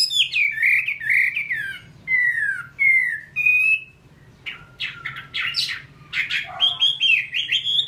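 Chinese hwamei song: loud, rich whistled phrases with repeated slurred notes, a brief pause, then busier varied warbling and a low steady hum beneath.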